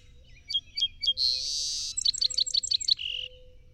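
Song sparrow singing three sharp opening notes, then an extended buzz, followed by a rapid string of clear notes and a closing lower buzzy note.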